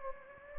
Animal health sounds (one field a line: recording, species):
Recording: mosquito wingbeat signal from an infrared sensor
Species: Anopheles gambiae